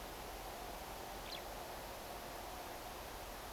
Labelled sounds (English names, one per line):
Eurasian Skylark